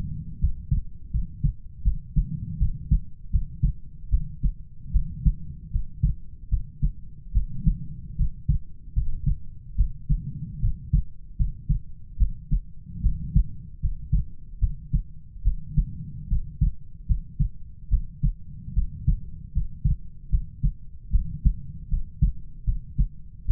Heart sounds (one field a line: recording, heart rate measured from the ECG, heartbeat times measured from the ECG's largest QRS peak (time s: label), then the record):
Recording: heart sounds by stethoscope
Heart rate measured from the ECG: 75 bpm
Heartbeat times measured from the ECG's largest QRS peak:
0.39 s: heartbeat
1.11 s: heartbeat
1.83 s: heartbeat
2.58 s: heartbeat
3.30 s: heartbeat
4.10 s: heartbeat
4.91 s: heartbeat
5.71 s: heartbeat
6.49 s: heartbeat
7.32 s: heartbeat
8.16 s: heartbeat
8.93 s: heartbeat
9.76 s: heartbeat
10.60 s: heartbeat
11.36 s: heartbeat
12.17 s: heartbeat
13.01 s: heartbeat
13.80 s: heartbeat
14.59 s: heartbeat
15.43 s: heartbeat
16.28 s: heartbeat
17.06 s: heartbeat
17.89 s: heartbeat
18.74 s: heartbeat
19.52 s: heartbeat
20.30 s: heartbeat
21.11 s: heartbeat
21.88 s: heartbeat
22.64 s: heartbeat
23.46 s: heartbeat
From the record:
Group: healthy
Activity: rest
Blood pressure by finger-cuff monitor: 100/54 mmHg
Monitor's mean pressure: 70 mmHg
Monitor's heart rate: 75 bpm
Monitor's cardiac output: 7.4 L/min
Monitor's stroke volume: 99 mL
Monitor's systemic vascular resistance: 680 dyn s/cm5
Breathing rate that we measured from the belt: 23 breaths a minute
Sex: female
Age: 19 years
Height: 163 cm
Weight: 48.9 kg